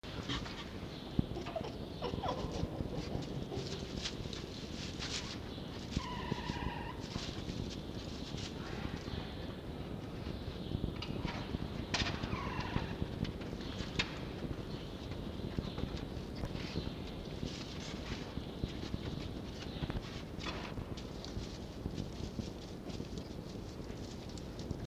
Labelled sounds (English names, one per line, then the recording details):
Red Fox
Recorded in captivity
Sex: group
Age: diverse
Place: Zoologisches Institut der HUB, Berlin, DE
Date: 1952-05-30 19:30
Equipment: Elmetra
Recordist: Tembrock, Günter
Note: Fiffi: Muffen (?) (bei Auffinden des Welpen); Welpe Toni: Quärren; Jupp: Muffen (?) (außen am Gitter)